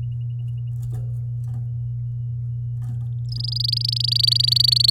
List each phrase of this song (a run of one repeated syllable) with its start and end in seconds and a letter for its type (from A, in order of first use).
3.29-4.90 A